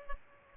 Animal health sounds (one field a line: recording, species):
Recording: mosquito wingbeat signal from an infrared sensor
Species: Culex pipiens